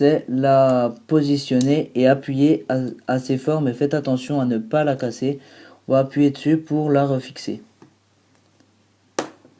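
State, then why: Seated. Someone talks while the new battery's flex connector is pressed firmly onto its socket on an iPhone 4's logic board. After a short quiet pause with faint handling sounds, a single sharp, bright click is heard at 9.2 seconds as the connector snaps on and seats.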